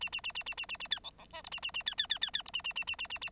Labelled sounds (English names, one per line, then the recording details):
Bengalese Finch song
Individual Bird9